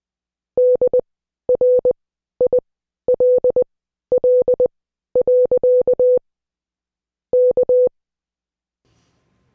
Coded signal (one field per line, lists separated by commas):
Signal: Morse code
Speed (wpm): 20 wpm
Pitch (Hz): 500 Hz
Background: none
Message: DRILL. K